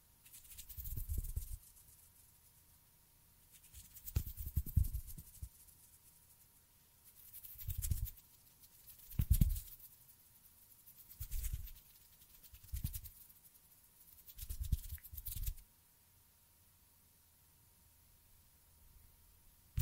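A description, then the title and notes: Finger fluttering and hand sounds come in short bursts, roughly every one to two seconds, each a soft patter with a papery rustle and low thumps. A faint steady tone runs underneath, and the last few seconds fall quiet. ASMR Finger Fluttering With Anticipatory Trigger And Hand Sounds (No Talking).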